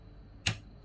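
The plastic retaining clip of a DDR3 memory slot on a motherboard is pushed to release the RAM module. A single sharp click sounds at 0.5 s over a low background hum. The latch clicks open and the module is released.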